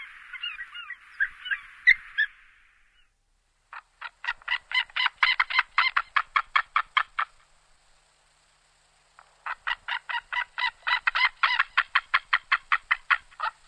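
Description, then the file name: White-tailed eagle calls: a brief chatter, then two long runs of rapid, evenly spaced yelping notes, each run lasting several seconds. "Haliaetus albicilla White-tailed Eagle"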